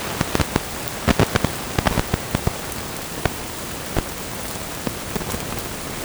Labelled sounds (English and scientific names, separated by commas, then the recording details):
none
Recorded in dense forest near Puerto Asís, Putumayo, Colombia, on 27 June 2025 at 07:30
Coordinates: 0.503, -76.323
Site G059